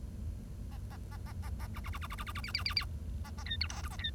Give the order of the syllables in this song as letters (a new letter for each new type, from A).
A A A A A A B B B B B B B B C C C C A A D E F G A D